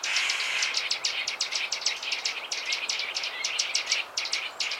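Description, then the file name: Eurasian nuthatch calls: many short, sharp high notes repeated in quick rhythmic bursts over steady background hiss. "Sitta europaea"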